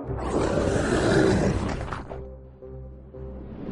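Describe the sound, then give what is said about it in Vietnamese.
A thunderous, rumbling roar bursts out for about two seconds, loud and harsh, then subsides into a low, steady humming drone that lingers to the end. “Ngay theo đó, một tiếng gầm lên vang dội cả không gian.”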